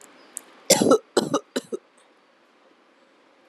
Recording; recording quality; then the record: shallow voluntary cough; excellent, no background noise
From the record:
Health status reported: healthy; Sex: female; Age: 30 years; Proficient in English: yes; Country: India